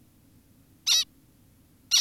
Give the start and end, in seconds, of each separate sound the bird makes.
0.87-1.05, 1.92-2.00